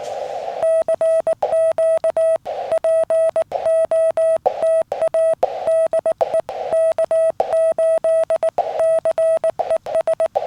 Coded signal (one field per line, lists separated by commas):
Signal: Morse code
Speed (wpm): 19 wpm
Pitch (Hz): 650 Hz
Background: none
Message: CQ POTA DE K8CES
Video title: Picnic Tables Hibernate Too! Taking the FT-817 For Another CW POTA Activation